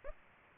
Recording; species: mosquito wingbeat signal from an infrared sensor; Aedes aegypti